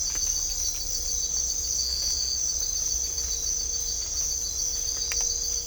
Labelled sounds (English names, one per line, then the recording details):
none
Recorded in dense forest near Puerto Asís, Putumayo, Colombia, on 18 December 2024 at 04:30
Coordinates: 0.500, -76.322
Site G053